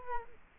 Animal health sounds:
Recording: mosquito wingbeat signal from an infrared sensor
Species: Culex quinquefasciatus

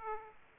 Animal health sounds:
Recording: mosquito wingbeat signal from an infrared sensor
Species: Aedes aegypti

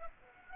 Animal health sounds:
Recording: mosquito wingbeat signal from an infrared sensor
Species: Aedes aegypti

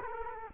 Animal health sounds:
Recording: mosquito wingbeat signal from an infrared sensor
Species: Culex quinquefasciatus

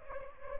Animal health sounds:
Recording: mosquito wingbeat signal from an infrared sensor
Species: Culex pipiens

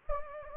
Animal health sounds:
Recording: mosquito wingbeat signal from an infrared sensor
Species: Anopheles gambiae

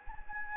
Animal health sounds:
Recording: mosquito wingbeat signal from an infrared sensor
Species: Anopheles gambiae

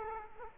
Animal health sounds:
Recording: mosquito wingbeat signal from an infrared sensor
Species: Culex quinquefasciatus

